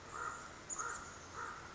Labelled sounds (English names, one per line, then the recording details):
Common Raven
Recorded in Sonoma County, California